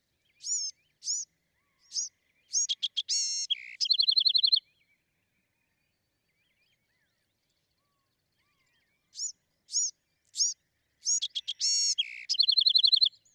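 Bewick's wren singing two complex phrases of high chips, then a fast buzzy trill, separated by several seconds of silence.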